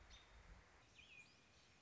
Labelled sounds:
American Robin
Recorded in Sonoma County, California

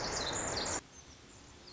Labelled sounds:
Pacific Wren
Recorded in Sonoma County, California

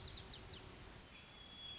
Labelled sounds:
White-crowned Sparrow
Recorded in Sonoma County, California

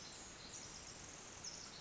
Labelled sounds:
Pacific Wren
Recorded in Sonoma County, California

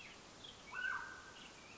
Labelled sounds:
Mountain Quail
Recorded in Sonoma County, California

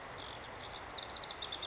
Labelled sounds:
House Wren
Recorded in Sonoma County, California

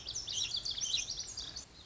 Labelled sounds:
Lazuli Bunting
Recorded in Sonoma County, California

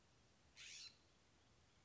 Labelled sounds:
California Scrub-Jay
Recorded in Sonoma County, California

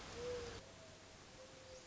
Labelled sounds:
Mourning Dove
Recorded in Sonoma County, California

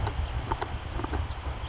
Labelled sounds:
California Towhee
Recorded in Sonoma County, California

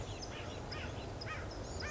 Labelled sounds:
Acorn Woodpecker
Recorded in Sonoma County, California

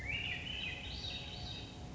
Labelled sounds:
Swainson's Thrush
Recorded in Sonoma County, California

